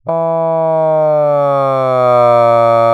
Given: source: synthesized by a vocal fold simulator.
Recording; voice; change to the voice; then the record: sustained vowel; male; asymmetry, level 17 of 51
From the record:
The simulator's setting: 2.60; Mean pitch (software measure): 140 Hz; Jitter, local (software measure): 0.24%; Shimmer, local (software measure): 1.0%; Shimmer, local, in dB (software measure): 0.09 dB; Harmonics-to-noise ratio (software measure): 34.7 dB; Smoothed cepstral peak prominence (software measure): 24.2 dB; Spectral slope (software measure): -18.9 dB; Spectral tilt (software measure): -12.7 dB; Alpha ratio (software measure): -9.4 dB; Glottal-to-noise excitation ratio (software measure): 0.969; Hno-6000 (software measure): 2.6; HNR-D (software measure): 32.2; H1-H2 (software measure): 4.9 dB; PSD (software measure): 9.6e-04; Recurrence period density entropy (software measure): 0.110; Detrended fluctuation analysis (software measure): 0.0484